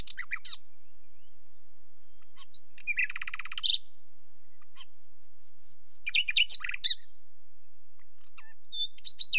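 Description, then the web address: Common nightingale song: varied phrases of rapid rattling notes, a rich buzzy trill, then a pure whistled note repeated evenly, separated by short pauses. "The BBC Sound Effects Library. Nightingale"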